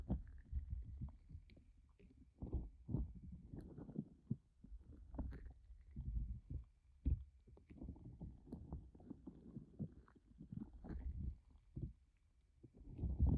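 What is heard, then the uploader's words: An ear massage done with a pineapple: rough, scratchy rubbing and crinkling strokes come in irregular bursts, with low thumping and rumbling underneath throughout. Stronger rubs land around three, five to seven and twelve seconds, with brief quieter gaps between. Ear Massage with Pineapple (No Talking).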